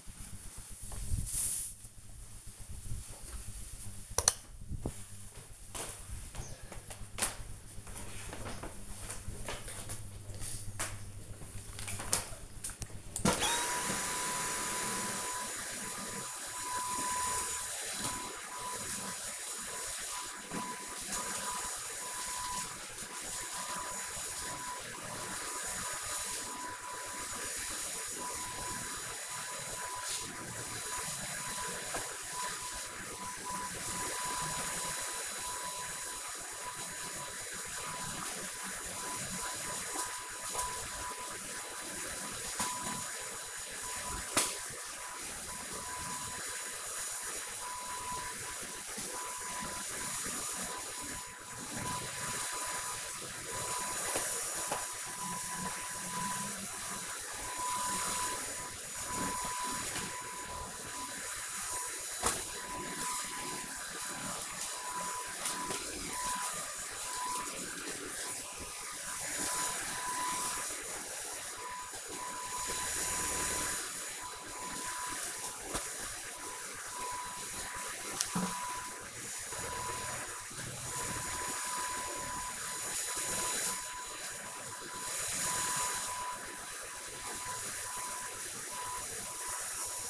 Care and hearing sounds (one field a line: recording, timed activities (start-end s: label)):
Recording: household activities, microphone on the right wrist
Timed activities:
10.79-90.10 s: vacuum cleaning